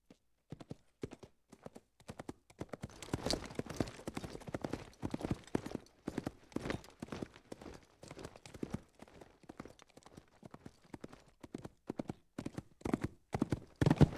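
Horse hoofbeats, a few scattered hits at first, then a fast, dense gallop.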